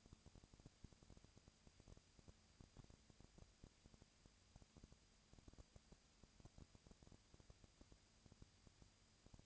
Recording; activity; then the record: daily activity, microphone in the room; no activity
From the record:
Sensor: 2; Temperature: 20.1 degrees Celsius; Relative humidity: 35.5%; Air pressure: 996.7 hPa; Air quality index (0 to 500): 198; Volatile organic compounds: 30 ppm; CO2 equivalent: 2959 ppm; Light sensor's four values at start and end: 2/3/2/2 and 2/3/2/2